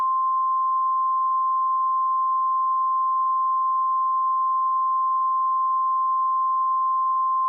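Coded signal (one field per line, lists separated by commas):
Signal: Emergency Alert System (SAME) tones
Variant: 1050 Hz attention tone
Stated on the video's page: Fictional EAS scenario made with Sony Movie Studio 13.0.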